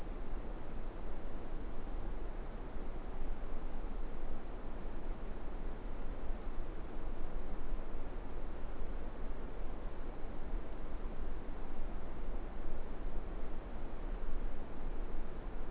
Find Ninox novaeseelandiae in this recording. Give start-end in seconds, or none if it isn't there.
none